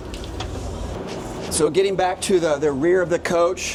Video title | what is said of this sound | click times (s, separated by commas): Million Dollar RV Living: 2026 American Eagle Revealed #nirvc #musiccitymotorhomeexpo | So I just lift this right away if I'm done doing maintenance on it, and it locks into place, and you're good to go. | 0.4 s